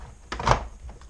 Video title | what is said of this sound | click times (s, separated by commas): M Audio Keystation-49 repair, someone spilled beer on it! | uh and just put in I don't have to crank it down too much and then this top just snaps right in | 0.3 s, 0.5 s